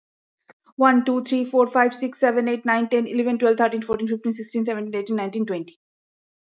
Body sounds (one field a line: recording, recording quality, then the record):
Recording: counting at a fast pace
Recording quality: excellent, no background noise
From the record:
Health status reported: respiratory illness, not identified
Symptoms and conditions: asthma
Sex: female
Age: 37 years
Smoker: not ticked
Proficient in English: yes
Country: India